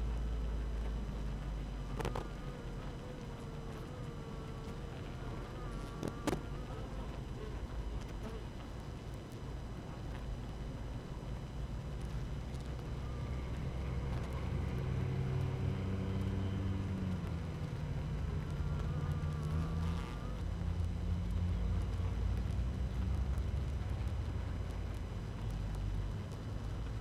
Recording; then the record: honeybee colony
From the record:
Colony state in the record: active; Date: 12 June 2018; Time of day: 6:42